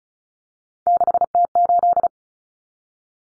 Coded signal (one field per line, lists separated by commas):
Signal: Morse code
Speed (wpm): 34 wpm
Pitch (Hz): 700 Hz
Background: none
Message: 6T8